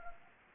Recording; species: mosquito wingbeat signal from an infrared sensor; Anopheles arabiensis